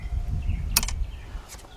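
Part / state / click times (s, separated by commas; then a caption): fuel line quick-connect onto fuel rail line / seated / 0.8 s. A fuel line quick-connect fitting, one of the 3/8 or 5/16 lines, is pushed down onto the metal fuel rail line during a starter replacement on a Cadillac Deville, Eldorado, SRX, STS, XLR, Oldsmobile Aurora or Pontiac Bonneville. A sharp click at 0.8 s, followed quickly by two softer clicks, marks the internal clips catching the collar over a low background rumble. The fitting is seated and locked on.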